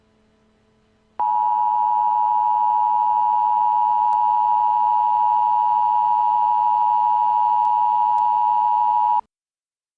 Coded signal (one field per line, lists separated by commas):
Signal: Emergency Alert System (SAME) tones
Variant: 853 and 960 Hz attention tone